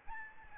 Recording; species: mosquito wingbeat signal from an infrared sensor; Aedes albopictus